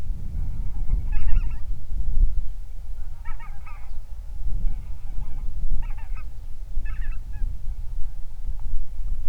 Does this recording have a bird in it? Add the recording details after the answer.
yes. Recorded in the Prudhoe Bay oil fields, Alaska, on 31 July 2019 at 07:58. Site 24